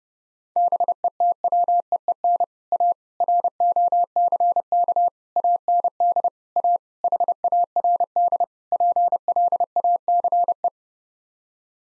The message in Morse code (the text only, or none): BETWEEN A ROCK AND A HARD PLACE